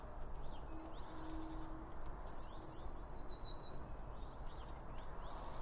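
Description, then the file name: Bird song with a high descending whistled phrase ending in a buzzy trill, plus faint scattered chirps over low background noise. Around a bird feeder, with two Line Audio OM 1 microphones. "Birds Around Birdfeeding With Two Om 1 From Line Audio"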